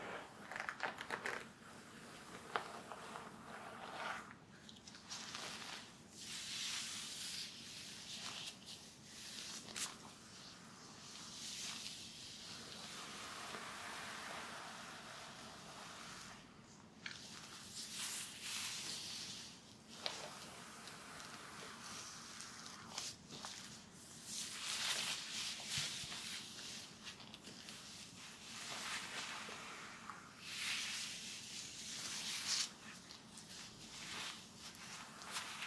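Hair play and scratching fill the clip with steady, dense brushing and rustling that swells into brighter, scratchier strokes every few seconds. A soft low hum runs underneath throughout, and a few small clicks stand out near the middle and toward the end.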